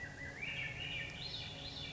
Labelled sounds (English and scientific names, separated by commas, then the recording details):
Swainson's Thrush (Catharus ustulatus)
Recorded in Sonoma County, California